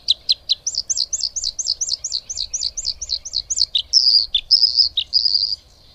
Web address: Madardalok - Kékbegy